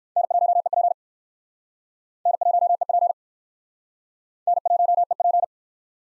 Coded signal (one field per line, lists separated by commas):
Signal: Morse code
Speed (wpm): 56 wpm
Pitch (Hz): 700 Hz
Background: none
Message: N1EP N1EP N1EP